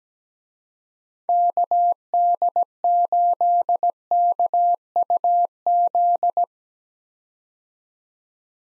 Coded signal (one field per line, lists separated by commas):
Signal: Morse code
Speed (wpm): 17 wpm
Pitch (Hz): 700 Hz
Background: none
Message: KD8KUZ